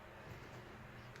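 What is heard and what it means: An old Sargent five-pin pin tumbler padlock is picked with a tension wrench and pick over a steady low background hum. A short, sharp click at 1.2 seconds marks the shackle popping open as the lock releases.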